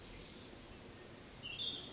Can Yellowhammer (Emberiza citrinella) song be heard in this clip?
no